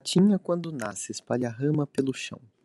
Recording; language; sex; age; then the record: short text; Brazilian Portuguese; male; 18 to 19 years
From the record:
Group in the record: control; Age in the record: 19 years